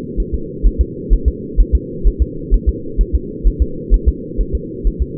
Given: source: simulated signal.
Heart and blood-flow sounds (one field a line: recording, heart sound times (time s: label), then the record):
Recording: fetal heart sounds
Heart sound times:
0.20 s: S1
0.34 s: S2
0.67 s: S1
0.81 s: S2
1.13 s: S1
1.28 s: S2
1.60 s: S1
1.75 s: S2
2.07 s: S1
2.22 s: S2
2.54 s: S1
2.69 s: S2
3.01 s: S1
3.15 s: S2
3.47 s: S1
3.62 s: S2
3.94 s: S1
4.08 s: S2
4.41 s: S1
4.55 s: S2
4.87 s: S1
5.02 s: S2
From the record:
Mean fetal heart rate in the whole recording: 130 bpm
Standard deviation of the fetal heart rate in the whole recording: 2 bpm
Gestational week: 36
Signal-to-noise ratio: -4.3 dB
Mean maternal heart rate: 72 bpm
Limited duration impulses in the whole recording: absent